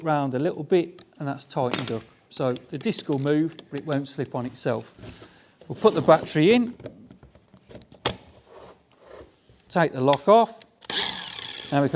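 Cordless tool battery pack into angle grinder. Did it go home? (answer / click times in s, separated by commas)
yes / 8.1 s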